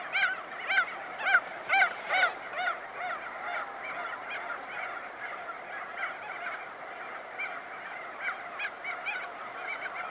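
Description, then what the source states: Crested auklet honking calls, a rapid burst of loud nasal notes in the first seconds, then quieter scattered calls over a continuous colony chorus. Close-up recording.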